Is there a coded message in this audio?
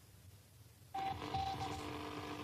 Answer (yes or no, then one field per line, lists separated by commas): no